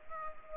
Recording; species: mosquito wingbeat signal from an infrared sensor; Culex pipiens